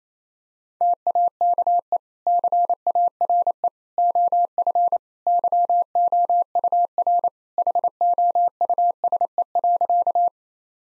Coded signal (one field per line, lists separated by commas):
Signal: Morse code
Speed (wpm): 27 wpm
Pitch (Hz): 700 Hz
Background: none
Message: TAKE CARE OF YOUR HOUSE.